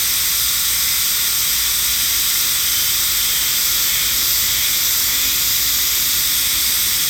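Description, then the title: Cicadas singing together in a dense, even, high-pitched hiss that holds steady without breaks. Shrine's sacred forest in Japan, northernmost habitat on the Sea of Japan side; possibly end of season; cicadas calling fairly well; recorded with an MKH8020 microphone. "能生白山神社のヒメハルゼミ"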